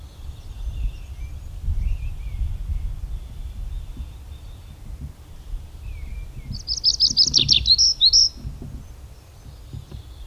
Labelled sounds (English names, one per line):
Tree Pipit song